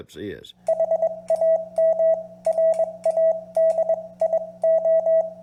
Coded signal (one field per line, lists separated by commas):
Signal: Morse code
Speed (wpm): 21 wpm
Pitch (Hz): 650 Hz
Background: speech, radio noise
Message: HAM RADIO